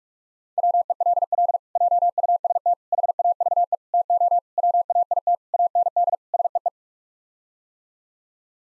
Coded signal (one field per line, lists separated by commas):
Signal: Morse code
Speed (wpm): 46 wpm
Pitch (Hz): 700 Hz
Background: none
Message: WELL JUST HAVE TO WAIT AND SEE